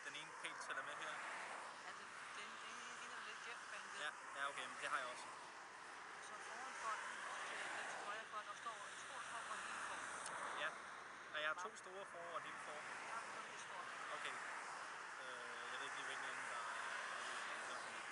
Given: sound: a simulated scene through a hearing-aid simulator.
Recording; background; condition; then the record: conversation; traffic; -4 dB SNR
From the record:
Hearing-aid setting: IV (slow-acting compression, loudness normalization); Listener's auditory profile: D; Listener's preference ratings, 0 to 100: 13, 10, 7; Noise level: 75 dB SPL